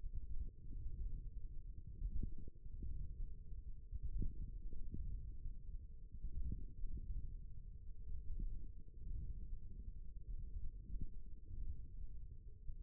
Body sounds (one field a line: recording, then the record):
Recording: forearm muscle sounds (acoustic myography)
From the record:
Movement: wrist flexion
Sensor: system 1, eight BSWA MPA416 microphones around the upper forearm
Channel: 2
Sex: male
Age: 54 years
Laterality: right